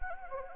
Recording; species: mosquito wingbeat signal from an infrared sensor; Anopheles arabiensis